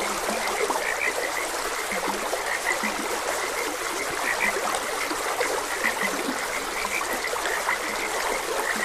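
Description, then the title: Frogs calling with short chirping croaks, several clear notes standing out above a steady background of flowing, trickling stream water. Frogs croaking beside a gentle stream. "Gentle Stream and Frogs Croaking"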